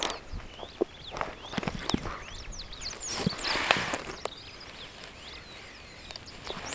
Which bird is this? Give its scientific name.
Lamprotornis superbus